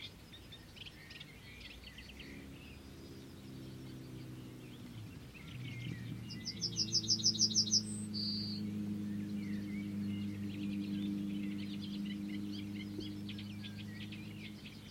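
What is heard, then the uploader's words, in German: Ordinary birds chirp and trill, with a brighter, louder burst of song around seven seconds over a low steady engine-like hum. Danach kamen die üblichen Vögel.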